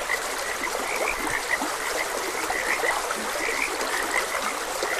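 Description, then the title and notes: A chorus of frogs calling in short bursts above the constant sound of moving water. Frogs croaking beside a gentle stream. "Gentle Stream and Frogs Croaking. Sleep and Relaxation Podcast"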